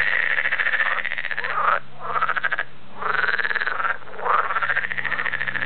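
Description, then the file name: Edible frog croaking in three pulsed, rattling bouts separated by brief gaps, with a soft low hum underneath. "kecskebéka"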